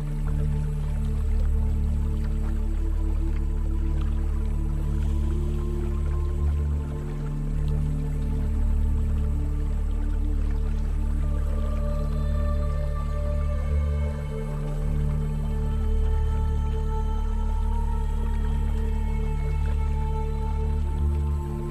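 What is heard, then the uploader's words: A mystic ritual bath ambience rests on a deep, steady drone of heavy low tones that holds without a break. Thinner ringing tones float above it and slowly glide in pitch after the midpoint, with faint drips and soft wet textures underneath. Mystic ritual bath ambience | ancient bath for spiritual cleansing. You can hear the sound of running water.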